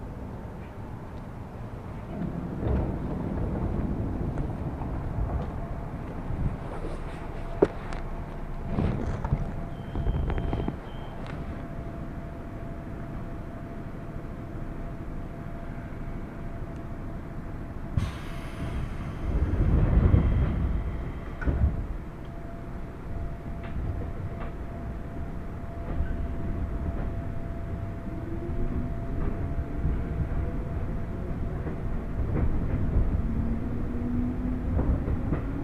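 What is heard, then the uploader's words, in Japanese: A ride on the Nambu and Tsurumi railway lines: a steady low rumble of the train carriage fills the whole clip, with a faint constant tone running through it. Scattered clunks and rattles recur, with a brief hiss near eighteen seconds and a louder surge around twenty. 耳で楽しむ鉄道旅 南武線・南武支線・鶴見線。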